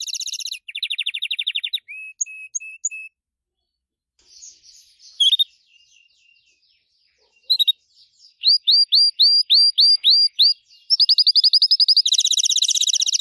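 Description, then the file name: Gloster canary singing trills and short whistles, pausing with faint soft notes, then a rhythmic run of rising chirps and a loud, very fast high trill. "canto do canario gloster"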